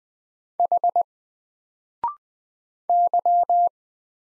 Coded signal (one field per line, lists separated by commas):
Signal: Morse code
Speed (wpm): 20 wpm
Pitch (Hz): 700 Hz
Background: none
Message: H Y